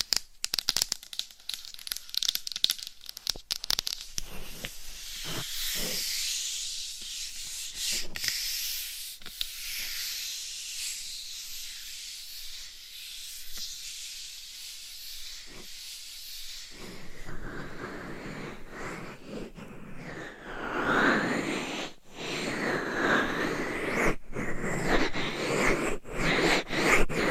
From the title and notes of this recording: ASMR Binaural Dummy Head Mic Scratching & Tapping with Different Mic Covers No Talking.